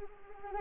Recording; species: mosquito wingbeat signal from an infrared sensor; Anopheles arabiensis